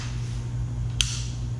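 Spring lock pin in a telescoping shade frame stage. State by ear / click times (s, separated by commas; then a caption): seated / 1.0 s. A stage of a SureShade RTX MTX2 telescoping metal shade frame is pulled out until its spring-loaded lock pin snaps into the locking hole. Over a steady low hum, a single sharp, bright click sounds at 1.0 s. The pin is seated and locked in place.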